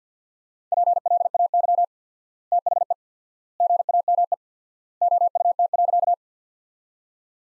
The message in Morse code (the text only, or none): PLAY THE GAME OUT.